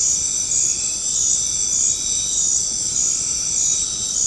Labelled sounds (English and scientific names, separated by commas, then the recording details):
none
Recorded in dense forest near Puerto Asís, Putumayo, Colombia, on 13 March 2025 at 19:30
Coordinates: 0.500, -76.322
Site GP06